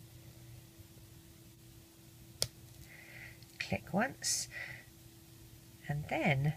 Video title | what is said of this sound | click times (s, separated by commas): Loomigurumi Gingerbread Man Tiny Tot Christmas Figure - amigurumi w/ Rainbow Loom Bands | the other side click | 2.4 s